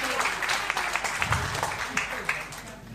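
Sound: audience applause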